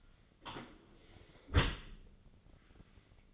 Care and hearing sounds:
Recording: daily activity, microphone in the room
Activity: close dishwasher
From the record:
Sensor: 4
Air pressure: 1003.9 hPa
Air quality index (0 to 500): 152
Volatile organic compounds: 2 ppm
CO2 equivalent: 1081 ppm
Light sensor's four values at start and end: 21/51/21/22 and 22/53/22/23

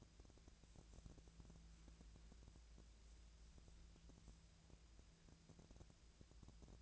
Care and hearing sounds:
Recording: daily activity, microphone in the room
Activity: wipe stove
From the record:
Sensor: 2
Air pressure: 1000.3 hPa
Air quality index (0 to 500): 166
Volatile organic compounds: 3 ppm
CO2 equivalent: 1384 ppm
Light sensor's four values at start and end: 11/27/12/12 and 11/27/11/12

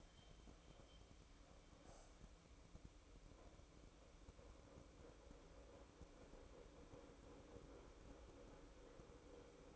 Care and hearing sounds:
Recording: daily activity, microphone in the room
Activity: make coffee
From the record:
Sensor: 1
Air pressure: 1007.3 hPa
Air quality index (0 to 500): 79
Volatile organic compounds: 1 ppm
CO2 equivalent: 685 ppm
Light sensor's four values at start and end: 8/18/7/8 and 8/18/7/8

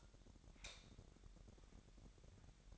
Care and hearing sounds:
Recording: daily activity, microphone in the room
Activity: light off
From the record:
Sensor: 3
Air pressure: 1011.9 hPa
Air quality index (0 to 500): 235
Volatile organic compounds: 5 ppm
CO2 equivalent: 1741 ppm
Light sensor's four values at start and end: 14/36/15/14 and 11/27/11/11

